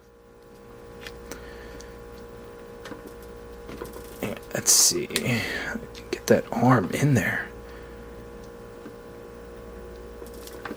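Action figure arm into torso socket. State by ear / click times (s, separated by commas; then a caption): not seated / none. Someone pushes the plastic arm of a Marvel Legends Blackheart build-a-figure into its torso socket, making faint scattered plastic taps while someone talks. The arm is hard to get all the way in and does not snap in, so nothing has seated or clicked yet.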